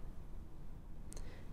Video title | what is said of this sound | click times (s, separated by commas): APE Autocorrelator PulseCheck Advanced | then line up the pins with the unit you want to install and snap them together | 1.1 s